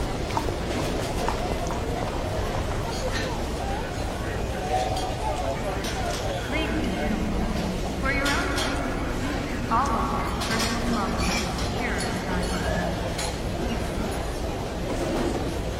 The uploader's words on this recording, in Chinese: 机场候机大厅环境音。上海浦东国际机场候机室氛围声音。